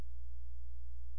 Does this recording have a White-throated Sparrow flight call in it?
no